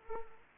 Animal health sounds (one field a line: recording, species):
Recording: mosquito wingbeat signal from an infrared sensor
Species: Anopheles arabiensis